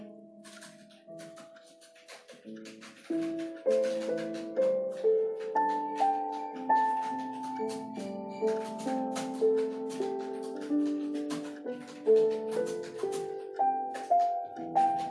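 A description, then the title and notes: Soft, melancholy music plays throughout, a slow melody of sustained mid-range notes over a low accompaniment, starting quiet and filling out after about three seconds. Small, crisp clicks and scratches sit lightly on top, recurring through the clip. Dark academia Study with me in the evening. Pencil ASMR, ticking of the clock and some dark academia music.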